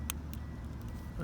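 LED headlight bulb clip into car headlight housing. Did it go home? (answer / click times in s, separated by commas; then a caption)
yes / 0.1 s. Plastic retaining clips are squeezed together one-handed to lock a new LED headlight bulb into the headlight housing of a 2003–2008 Toyota Corolla. A short, quiet click at 0.1 s shows the clips have seated, followed by a fainter tick near 0.3 s over a steady low rumble of vehicle and outdoor background noise.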